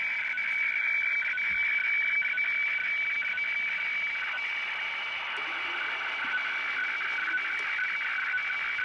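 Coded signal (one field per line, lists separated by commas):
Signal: weather fax (radiofax)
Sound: steady rasping warble between two tones, with rhythmic scratchy ticking, under shortwave hiss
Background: radio static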